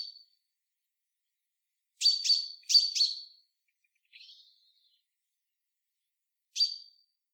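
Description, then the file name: Common chaffinch calls: sharp, high pink notes given singly, then in quick pairs, then a fainter note and a final single call, in silence. "Fringilla coelebs"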